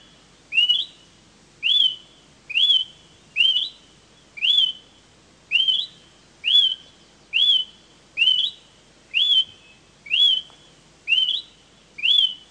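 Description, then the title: Smoke-colored pewee repeating a steady series of upslurred whistles, about a dozen evenly spaced roughly one second apart, against soft background hiss. Subspecies zarumae. "LuckyPassaro Completos2Sama. Smoke-colored Pewee (Contopus fumigatus zarumae)"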